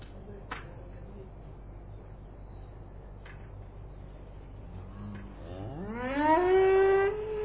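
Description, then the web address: Cow lowing, a single moo swelling upward near the end and held steadily, after several seconds of quiet background rumble. "Sound Effects Special FX 2. Cows"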